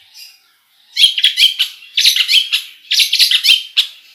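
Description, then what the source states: Long-tailed shrike singing a quick medley of scratchy and whistled notes in tight groups, with brief pauses between phrases. Full song packed with imitations (isian), bird described as gacor.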